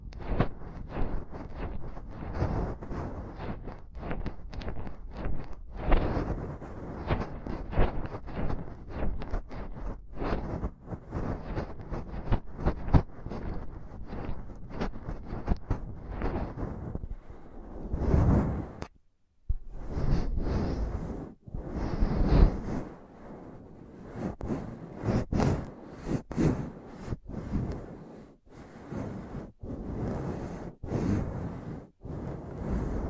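Intense tapping and scratching on a microphone, a dense run of quick, heavy thumps with a deep, boomy low end and rough scraping in between. A loud rumbling burst comes just before a brief dropout near 19 seconds, then the tapping resumes.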